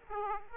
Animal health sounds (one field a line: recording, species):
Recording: mosquito wingbeat signal from an infrared sensor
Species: Aedes aegypti